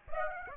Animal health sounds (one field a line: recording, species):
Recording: mosquito wingbeat signal from an infrared sensor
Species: Aedes aegypti